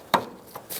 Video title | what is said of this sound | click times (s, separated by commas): How to Replace AC Condenser 1988-1999 GMC K1500 | clockwise till it clicks in | 0.1 s